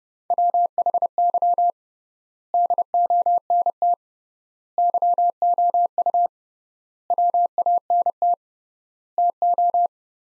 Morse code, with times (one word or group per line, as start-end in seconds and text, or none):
0.3-1.7 WHY
2.5-3.9 DONT
4.8-6.3 YOU
7.1-8.3 WANT
9.2-9.9 TO